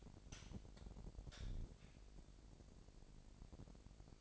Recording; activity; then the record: daily activity, microphone in the room; light on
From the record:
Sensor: 5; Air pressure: 1012.0 hPa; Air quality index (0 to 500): 248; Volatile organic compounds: 4 ppm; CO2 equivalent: 1683 ppm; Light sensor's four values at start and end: 38/89/37/39 and 40/94/39/41